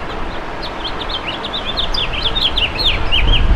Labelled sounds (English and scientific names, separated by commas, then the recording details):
House Finch (Haemorhous mexicanus) song
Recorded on Long Island, New York, on 11 June 2012
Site HB
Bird D